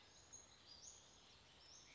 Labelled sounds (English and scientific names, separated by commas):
Western Flycatcher (Empidonax difficilis)